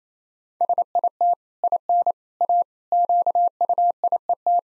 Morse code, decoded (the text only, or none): SIT IN A QUIET